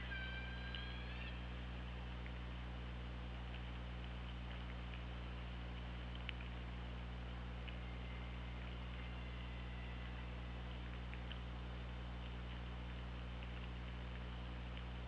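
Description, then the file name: Killer whale calls: a few short tonal whistles with harmonics in the first second, then fainter gliding tones, all under steady low hydrophone hum and hiss. Recorded on the OrcaLab hydrophone on 24 August 2017 at 15:10. "Orca Lab UTLN JASON 20170824 151057"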